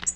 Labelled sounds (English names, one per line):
Tennessee Warbler flight call